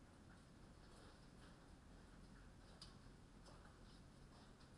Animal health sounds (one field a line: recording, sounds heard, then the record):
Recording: poultry house recording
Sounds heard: no chicken sound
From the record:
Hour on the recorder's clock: 21